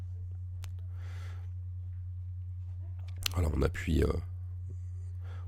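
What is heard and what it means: The LCD/touch flex cable connector of a replacement iPhone 7 screen is pressed onto its socket on the phone's logic board so that it clips in properly. One sharp click is heard at 0.6 s as the connector seats, followed by fainter ticks and someone talking over a steady low hum. The display connector is clipped in.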